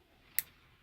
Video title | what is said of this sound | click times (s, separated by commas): Electrical Tech talk lighting /points/ ect | Hear that snap? That means that it's snapped in properly | 0.4 s